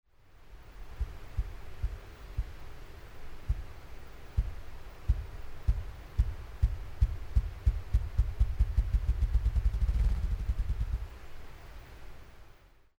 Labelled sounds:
Ruffed Grouse
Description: A male ruffed grouse claims his territory in the forest near Mammoth Hot Springs. During this ritual display, the grouse beats its wings in a series of thumps that builds to a resonant crescendo, the bird's wings blurring with speed

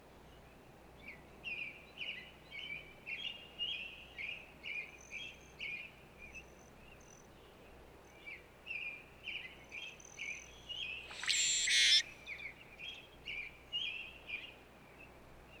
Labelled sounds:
Brewer's Blackbird song
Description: Brewer's Blackbird song recorded in Moraine Park in Rocky Mountain National Park
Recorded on 29 May 2017

